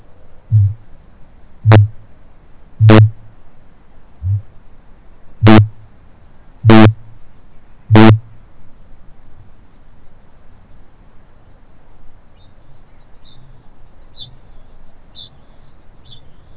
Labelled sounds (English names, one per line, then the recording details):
Kākāpō boom
Kākāpō ching call
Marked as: faintness 1/5, faintness 3/5, faintness 4/5
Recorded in New Zealand
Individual Stumpy